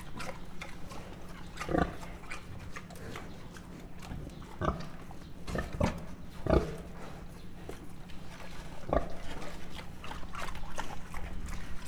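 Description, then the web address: Mangalica pig giving several short, deep grunts at irregular intervals, over a constant low hum. Standard Mangalica pig grunting, recorded close up at Miskolc Zoo in 2009. "allathangok miskolcizoo 2009 standardt mangalica rofogeskozelrol"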